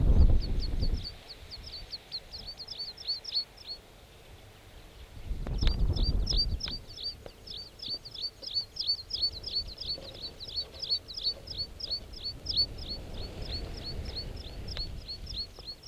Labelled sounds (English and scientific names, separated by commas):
Meadow Pipit (Anthus pratensis)